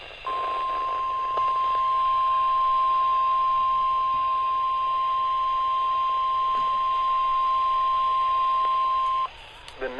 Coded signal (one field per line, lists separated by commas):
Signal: Emergency Alert System (SAME) tones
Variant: 1050 Hz attention tone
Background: speech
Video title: Spring Break EAS Alerts (EAS 151-172)